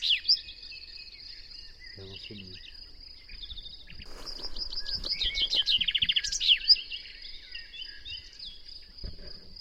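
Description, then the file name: Common chaffinch song, a quick descending series of notes with a terminal flourish midway through, amid a steady high whine, scattered other chirps and low knocks. "Fringilla coelebs"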